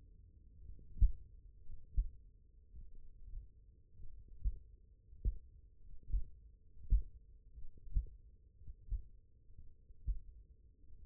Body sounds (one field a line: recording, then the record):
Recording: forearm muscle sounds (acoustic myography)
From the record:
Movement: finger pinch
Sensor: system 1, eight BSWA MPA416 microphones around the upper forearm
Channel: 5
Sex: male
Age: 23 years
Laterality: right